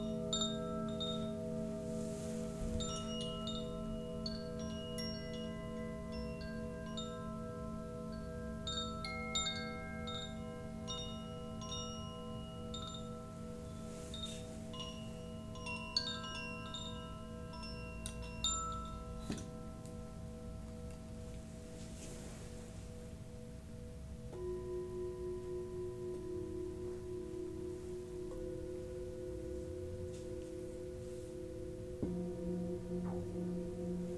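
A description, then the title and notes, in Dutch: Singing bowls ring with long, steady sustained tones, low hums layered under mid and higher pitches that hold for many seconds. Bright chiming strikes cluster in the first twenty seconds, then the sound settles, with new bowl tones entering around 24 and 32 seconds. Klankschalen.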